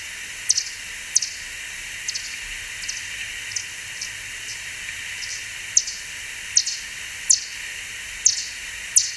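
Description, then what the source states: Bat calls: short chirps repeated at irregular intervals over a steady background hiss. Bat call listening example for teaching, from LMU Munich teacher education materials.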